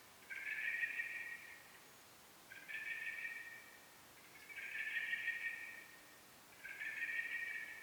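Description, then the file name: Common blackbird: four long, level, reedy call notes in a row, each roughly a second and a half, with short gaps between. "Turdus merula"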